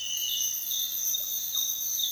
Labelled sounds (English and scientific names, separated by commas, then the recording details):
none
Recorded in dense forest near Puerto Asís, Putumayo, Colombia, on 24 June 2025 at 05:30
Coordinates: 0.484, -76.325
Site H65